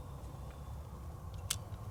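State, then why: Seated. The upper string of an Excalibur TwinStrike double-shot crossbow is drawn back with a cocking device over a steady low background rumble, with a few faint soft ticks. At 1.5 s a short, sharp click rings out as the string catches and latches into the trigger mechanism, seating it.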